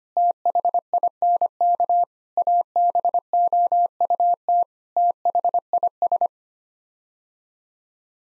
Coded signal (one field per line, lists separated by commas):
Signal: Morse code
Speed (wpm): 25 wpm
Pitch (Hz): 700 Hz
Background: none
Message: THINK ABOUT THIS